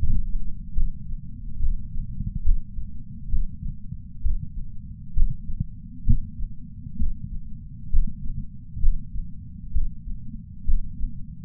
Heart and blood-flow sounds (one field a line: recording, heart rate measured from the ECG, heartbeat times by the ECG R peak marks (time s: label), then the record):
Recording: heart sounds by patch sensor on the chest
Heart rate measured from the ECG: 67 bpm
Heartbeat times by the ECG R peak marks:
0.75 s: heartbeat
1.61 s: heartbeat
2.44 s: heartbeat
3.31 s: heartbeat
4.23 s: heartbeat
5.15 s: heartbeat
6.06 s: heartbeat
6.99 s: heartbeat
7.92 s: heartbeat
8.81 s: heartbeat
9.74 s: heartbeat
10.66 s: heartbeat
From the record:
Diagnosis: coronary artery disease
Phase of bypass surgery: preoperative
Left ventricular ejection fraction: 60.1%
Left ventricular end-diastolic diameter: 44 mm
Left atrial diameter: 31 mm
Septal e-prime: 6.8 cm/s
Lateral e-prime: 9.8 cm/s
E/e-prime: 5.9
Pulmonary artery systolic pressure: 20 mmHg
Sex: male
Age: 60 years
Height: 167 cm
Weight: 58 kg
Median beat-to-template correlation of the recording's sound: 0.95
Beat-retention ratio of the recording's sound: 0.99